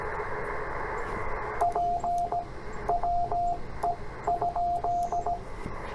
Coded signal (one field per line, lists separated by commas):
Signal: Morse code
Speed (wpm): 17 wpm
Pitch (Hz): 690 Hz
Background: radio noise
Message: P WE?